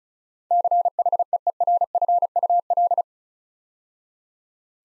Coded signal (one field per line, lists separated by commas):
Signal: Morse code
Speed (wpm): 36 wpm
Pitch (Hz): 700 Hz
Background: none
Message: CHEERFUL